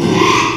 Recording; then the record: squeal of a Yucatan mini pig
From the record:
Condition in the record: after surgery on the right vocal fold (resection and tissue-engineered implant); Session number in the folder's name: 1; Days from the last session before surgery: 6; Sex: male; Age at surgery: 12 weeks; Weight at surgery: 13 kg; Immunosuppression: cyclosporine, prednisolone